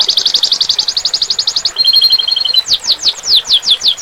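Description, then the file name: Domestic canary song: fast trills of repeated high notes, then a steady rapid two-tone rattle, ending with slower, down-slurred notes, all bright and high-pitched. Standard canary type. "omkicau com kenari standar"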